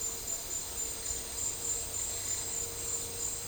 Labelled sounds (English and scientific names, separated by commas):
none